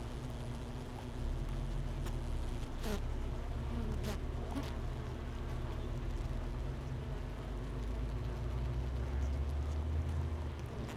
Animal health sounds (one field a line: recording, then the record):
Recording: honeybee colony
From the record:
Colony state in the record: missing queen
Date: 31 May 2018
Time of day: 9:52